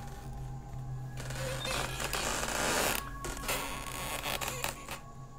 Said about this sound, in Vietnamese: trong căn phòng sát khu bếp vọng ra tiếng ho sù sụ, rồi cả cái tiếng bản lề cửa lâu ngày kẽo cả kẽo kẹt, chứng tỏ là có người nghe tiếng chó sủa đã tỉnh dậy đi ra ngoài kiểm tra.